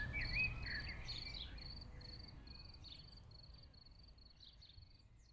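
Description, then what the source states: Crickets chirping in regular short bursts, several per second, with a few bird whistles at the start as the sound fades. Crickets in a pasture near Chindrieux, France; birds calling near and far.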